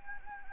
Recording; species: mosquito wingbeat signal from an infrared sensor; Anopheles gambiae